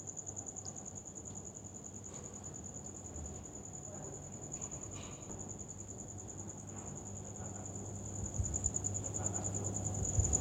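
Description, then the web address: Cricket chirping in a steady, high, rapidly pulsed trill that runs without pause throughout, over a low rumbling background hum and a few faint scattered sounds. "muhammad 384. Crickets"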